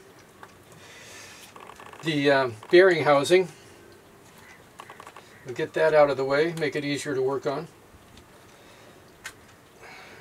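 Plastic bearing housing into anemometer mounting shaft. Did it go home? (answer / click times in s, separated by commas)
yes / 9.3 s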